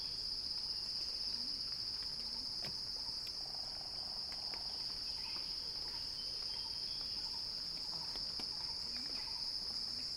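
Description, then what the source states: Cicada song, a dense steady shrill buzz lasting the whole time, with faint clicks, ticks and soft chirps below. Recording titled as a cicada crescendo.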